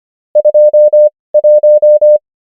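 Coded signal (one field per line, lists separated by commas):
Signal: Morse code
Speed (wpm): 25 wpm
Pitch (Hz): 600 Hz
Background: none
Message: 21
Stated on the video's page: Morse code numbers practice, 25 wpm character speed with 19 wpm Farnsworth word speed.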